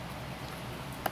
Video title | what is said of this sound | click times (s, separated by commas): UNBOXING & Review of Eufy RoboVac 25c (Robot Vacuum) | just press it snaps into place | 1.1 s